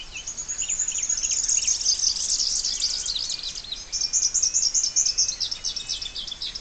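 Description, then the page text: Splendid fairywren giving high, fast, jumbled trills and chips in bursts throughout, over a steady hiss of background noise. "Трель птицы Блестящий расписной малюр (Malurus splendens)"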